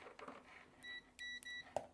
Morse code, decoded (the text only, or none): none